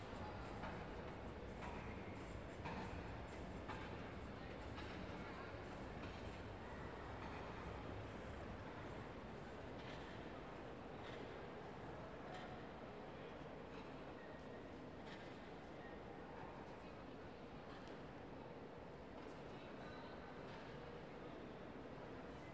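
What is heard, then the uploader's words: A train rumbles steadily, a dense low roar that barely changes in loudness across the whole stretch. Soft, irregular clicks and taps come through over the top, busiest in the first few seconds, with a faint murmur of voices underneath. Tranquil Train Sounds in a Gentle Rain. The gentle patter of raindrops harmonizes with the rhythmic hum of passing trains. As the rain softly taps on surfaces and the trains add their rhythmic melody to the mix.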